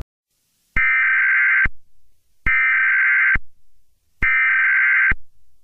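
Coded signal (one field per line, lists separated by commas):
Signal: Emergency Alert System (SAME) tones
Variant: header bursts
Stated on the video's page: Fictional EAS scenario depicting a hijacking.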